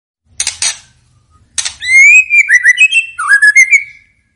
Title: PANCINGAN MEWAH MURAI BATU GACOR, SEKALI DENGAR AMPUH LANGSUNG RESPON